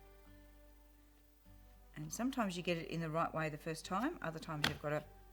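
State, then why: Not seated. Two slot-together timber lantern pieces are handled and maneuvered toward the slots of a lantern base. A faint, steady tonal background plays for the first two seconds, then someone talks until the end. Nothing has seated or clicked into place yet.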